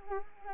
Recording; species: mosquito wingbeat signal from an infrared sensor; Anopheles arabiensis